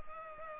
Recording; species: mosquito wingbeat signal from an infrared sensor; Culex pipiens